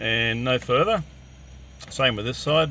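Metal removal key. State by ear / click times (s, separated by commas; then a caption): not seated / none. Someone talks while handling the second metal radio removal key at the release slot on the other side of a Ford F250's car stereo, getting ready to push it in. The key has not clicked or seated yet.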